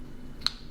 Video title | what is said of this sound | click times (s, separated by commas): Star Wars The Black Series Chopper (C1-10P) Review | if you do want to push it in you will hear it kind of snap in place and now you can have chopper in more of his you know upright mode | 0.5 s